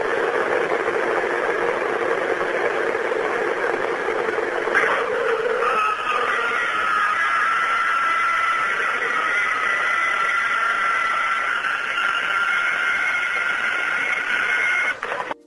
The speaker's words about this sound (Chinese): 好啦，嗱呢个咧就系原先佢录到嗰个疑似外星人或者佢声称系外星人嘅尖叫声嘅时候嘅一个声音啦。